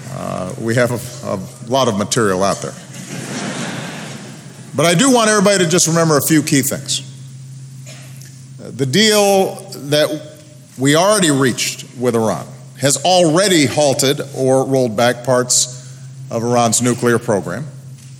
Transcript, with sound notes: we have a lot of material out there. (Laughter.) But I do want everybody to just remember a few key things.
The deal that we already reached with Iran has already halted or rolled back parts of Iran's nuclear program.